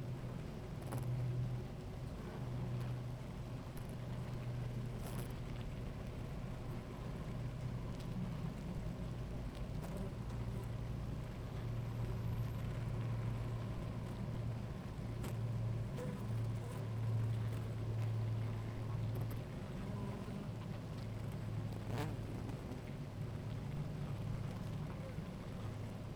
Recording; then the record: honeybee colony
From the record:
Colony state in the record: active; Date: 28 July 2017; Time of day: 16:52